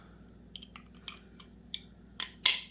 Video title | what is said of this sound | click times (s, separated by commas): Bella Art Diamonds-Bell Art de Nicole- Diamond painting kits and trays- unboxing-2023 | yep nice little click so pop the container in it holds the lid back | 1.7 s, 2.2 s, 2.5 s